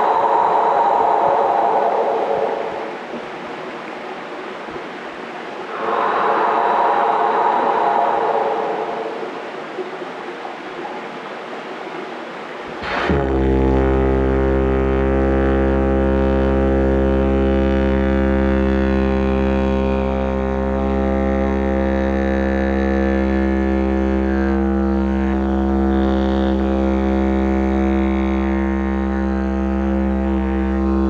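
For the first thirteen seconds there are only soft, airy swells, like slow breaths or washes of water, rising and falling twice. Then a didgeridoo starts abruptly and holds a deep, buzzing drone with layered overtones, steady, through to the end.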